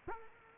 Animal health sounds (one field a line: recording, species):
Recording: mosquito wingbeat signal from an infrared sensor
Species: Culex quinquefasciatus